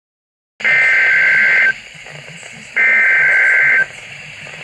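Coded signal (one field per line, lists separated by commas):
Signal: Emergency Alert System (SAME) tones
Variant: header bursts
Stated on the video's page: Required weekly test on NOAA Weather Radio station, transmitter from NWS San Diego.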